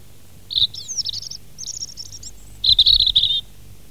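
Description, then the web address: European robin song: several varied high phrases of squeaky and warbled notes, ending with a bright, rapid trill. "fugler rodstrupe"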